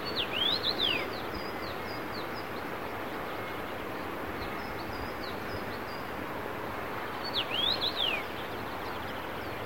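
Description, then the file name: Common rosefinch song: two bursts of quick slurred whistles, rising then falling, separated by about seven seconds, with faint notes between and a constant noisy backdrop. Recorded 25 June 2017. "Roselin cramoisi 25 6 17"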